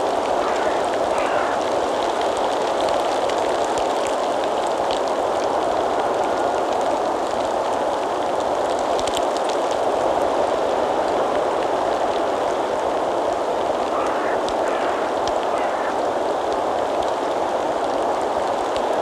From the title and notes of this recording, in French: J'ai posé mes micros sur la crête du Kastelberg en direction du Kerbholtz. Les conditions météorologiques étaient très venteuses avec de la pluie.